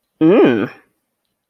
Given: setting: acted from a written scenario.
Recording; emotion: vocal sound without words; disgust